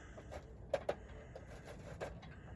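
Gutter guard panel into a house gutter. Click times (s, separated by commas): 0.7 s, 0.9 s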